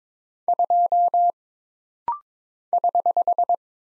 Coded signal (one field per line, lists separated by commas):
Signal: Morse code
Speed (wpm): 22 wpm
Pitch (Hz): 700 Hz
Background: none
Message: 2 <HH>